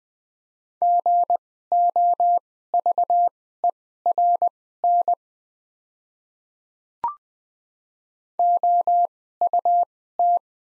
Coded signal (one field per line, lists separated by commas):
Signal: Morse code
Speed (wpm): 20 wpm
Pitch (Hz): 700 Hz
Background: none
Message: GOVERN OUT